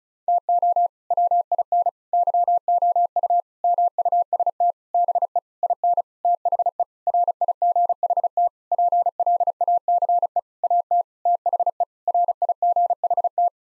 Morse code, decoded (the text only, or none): TO WIN YOU MUST BE IN THE RIGHT PLACE AT THE RIGHT